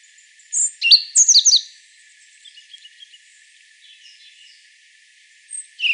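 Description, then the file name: European robin giving a burst of high, thin, sliding notes, then faint scattered twittering, and another short high phrase near the end. "Erithacus rubecula"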